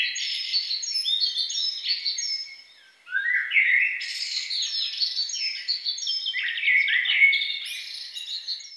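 Songbird song: rapid chirping phrases, a short silent gap around three seconds, then renewed rich warbling with buzzy trills and high falling whistles.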